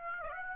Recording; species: mosquito wingbeat signal from an infrared sensor; Aedes aegypti